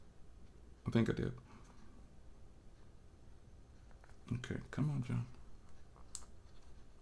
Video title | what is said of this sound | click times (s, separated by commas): #Pitaka iPad Mini 6 MagEZ Wireless Charging System! | hear the snaps | 6.1 s